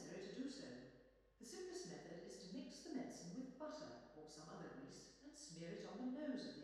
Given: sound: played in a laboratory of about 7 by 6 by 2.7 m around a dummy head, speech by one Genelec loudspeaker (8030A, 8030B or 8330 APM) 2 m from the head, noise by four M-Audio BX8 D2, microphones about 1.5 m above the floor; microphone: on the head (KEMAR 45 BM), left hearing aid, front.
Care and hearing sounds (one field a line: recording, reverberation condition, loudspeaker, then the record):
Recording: female speech in English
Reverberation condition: high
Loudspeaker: 150 degrees to the right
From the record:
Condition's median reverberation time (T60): about 1300 ms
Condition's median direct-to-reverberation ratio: about -4.0 dB